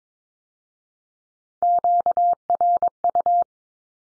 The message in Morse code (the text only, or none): QRU